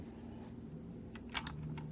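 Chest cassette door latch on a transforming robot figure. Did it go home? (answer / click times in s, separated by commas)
released / 1.4 s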